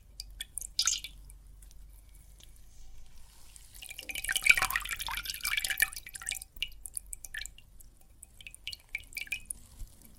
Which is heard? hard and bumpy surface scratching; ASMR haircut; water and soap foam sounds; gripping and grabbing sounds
water and soap foam sounds